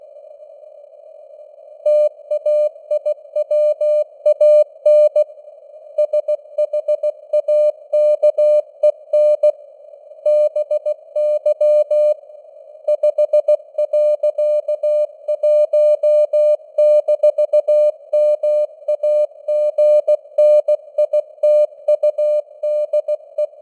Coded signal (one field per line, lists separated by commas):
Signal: Morse code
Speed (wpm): 16 wpm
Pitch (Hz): 600 Hz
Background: none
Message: TAIWAN SHAKEN BY 5.1-MAGNITUDE